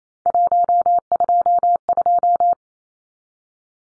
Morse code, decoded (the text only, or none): 122